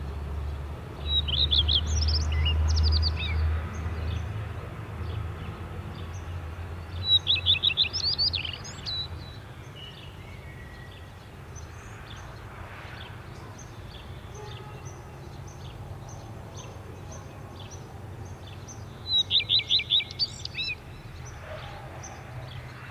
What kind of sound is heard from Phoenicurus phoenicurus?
song